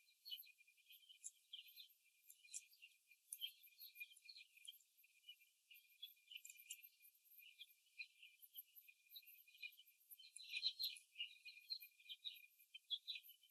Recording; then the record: young laying hens in a cage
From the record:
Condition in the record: after the stressor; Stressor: simulated dog barking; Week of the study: 2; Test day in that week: 3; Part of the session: 1